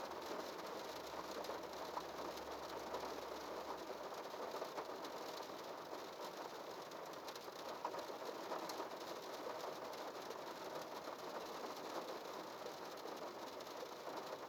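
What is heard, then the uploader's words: Rain falls steadily on a car, a dense, even hiss of countless drops with no pauses or swells over the whole stretch. Beneath it runs a low, constant hum like an idling engine, and the sound feels enclosed. Rain In The Car. You stopped in the park to listen the rain.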